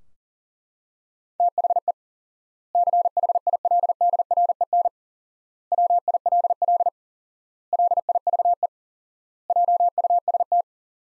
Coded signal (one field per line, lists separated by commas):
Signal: Morse code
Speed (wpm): 40 wpm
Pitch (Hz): 700 Hz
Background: none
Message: THE CHILDREN WILL LIVE JUST